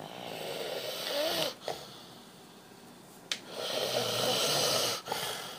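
Two long, rasping snores with a faint whistling tone, about three and a half seconds apart, from a sleeping adult.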